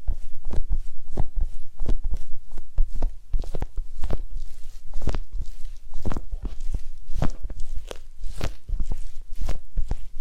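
Massage and spa sounds: frequent soft thumps and crunchy rubbing strokes, irregular but continuous, with a quiet hiss underneath throughout.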